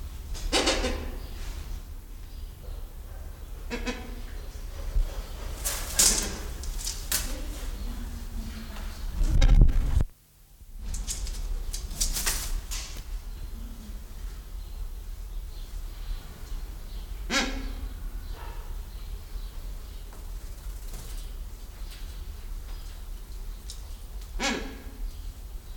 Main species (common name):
Silvery-cheeked Hornbill